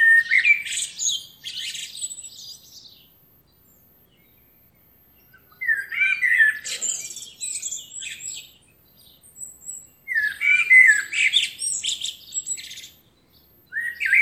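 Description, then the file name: Common blackbird repeating song phrases roughly every four to five seconds, each a low whistled start trailing into a jumble of high scratchy notes. "Turdus merula"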